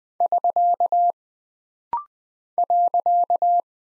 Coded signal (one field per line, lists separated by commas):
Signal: Morse code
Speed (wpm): 20 wpm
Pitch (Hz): 700 Hz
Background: none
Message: <SK> .